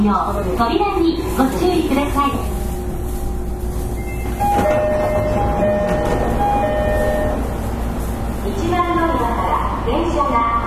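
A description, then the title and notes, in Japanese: Running sound inside a 305 series electric train: a steady, dense low rumble continues throughout. Between about four and nine seconds, thin whining motor tones hold and shift in pitch, while voices, including a woman's, speak at the start and again near the end. JR305系 筑前前原から天神まで。JR九州の305系電車の走行音です。直通の普通列車にて収録しました。区間は、筑前前原から天神までです。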